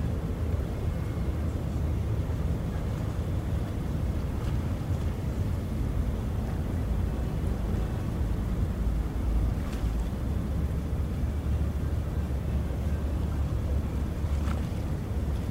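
A harbour waterfront carries a steady low rumble, like a ferry engine churning on the water, with a thick, constant wash of sound underneath. Brief, faint clicks and taps surface near 5, 10 and 14 seconds over the unbroken drone.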